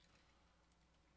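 A plastic building-block piece is pressed down onto a vampire stagecoach model, with a single short, sharp snap at 0.7 s over a quiet, steady background. It is a tight fit, but the piece snaps into place and is seated.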